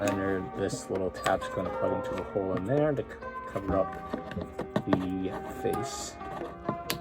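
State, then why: Seated. Someone talks over background music while closing the double-hinged cockpit top of a plastic transforming robot figure over its head, so its small tab plugs into a hole in the head to cover the face. A sharp click at 6.9 s marks the tab seating into place.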